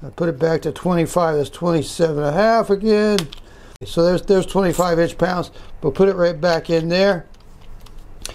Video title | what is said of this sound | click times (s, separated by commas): Wiha vs. Wera Torque Screwdrivers for 2020 NEC 110.14 (D) | you heard it has a real nice click an audible click that | 8.2 s